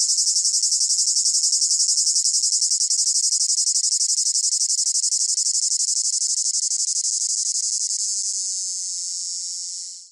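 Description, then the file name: Cicada song as a continuous high piercing buzz, pulsing quickly at first, then evening out and fading away at the very end. Recorded close up; rhythmic chirping in long phrases with a piercing whine. "gain walkers CICADA Close Up Rhythmic Chirping Long Phrases Piercing Whine"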